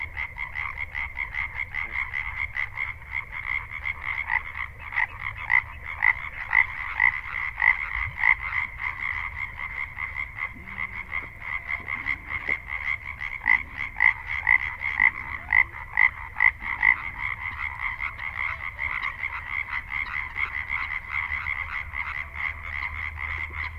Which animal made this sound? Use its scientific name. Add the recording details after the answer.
Hyla arborea. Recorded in the wild. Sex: male. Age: adult. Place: Kützerhof, Kummerower See, Mecklenburg-Vorpommern, DE. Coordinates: 53.8542, 12.8578. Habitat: wetland. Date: 2010-04-13 23:00. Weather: klare Nacht, 8°C, windstill, Wassertemperatur 10°C. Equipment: Sound Devices 702, zwei Sennheiser MKH 40, Rycote Windschutz. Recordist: Frommolt, Karl-Heinz. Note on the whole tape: Polder Große Rosin vor Pappelreihe: Rufe von Laubfröschen. Tiere rufen im Gewässer